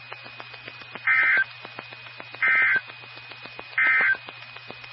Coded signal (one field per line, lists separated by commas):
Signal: Emergency Alert System (SAME) tones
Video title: EAS 2175-2183 (3/2 & 3/3/23)